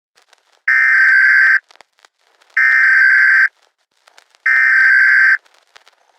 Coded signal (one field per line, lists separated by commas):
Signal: Emergency Alert System (SAME) tones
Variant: header bursts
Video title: Doors EAS Scenario: Ambush